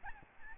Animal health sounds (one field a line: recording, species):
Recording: mosquito wingbeat signal from an infrared sensor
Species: Aedes albopictus